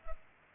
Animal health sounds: mosquito wingbeat signal from an infrared sensor; Culex pipiens

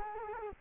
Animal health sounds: mosquito wingbeat signal from an infrared sensor; Culex quinquefasciatus

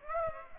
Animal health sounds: mosquito wingbeat signal from an infrared sensor; Aedes aegypti

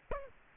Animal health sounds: mosquito wingbeat signal from an infrared sensor; Aedes aegypti

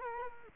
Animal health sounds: mosquito wingbeat signal from an infrared sensor; Culex quinquefasciatus

